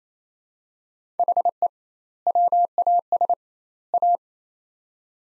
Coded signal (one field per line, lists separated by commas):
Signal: Morse code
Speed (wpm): 28 wpm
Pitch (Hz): 700 Hz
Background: none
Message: HE WAS A